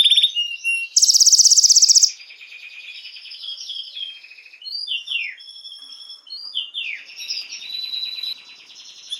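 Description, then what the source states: Canary sings a loud, very fast high trill, then a stretch of softer varied warbling with short slurred notes and rapid rolls. Belgian mosaic canary.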